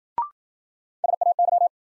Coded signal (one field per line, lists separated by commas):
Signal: Morse code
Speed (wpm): 54 wpm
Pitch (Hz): 700 Hz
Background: none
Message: SAY